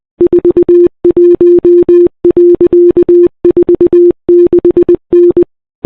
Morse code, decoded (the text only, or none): 41.46N